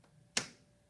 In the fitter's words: release the window and pull it down towards you gently. You'll hear a click